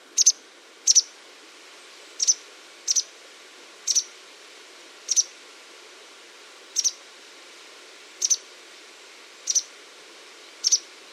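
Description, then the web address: White wagtail calls: about ten brief, high, clipped notes at uneven intervals, against a faint constant hiss. "Deverinetal 2025 File origin Bird Only"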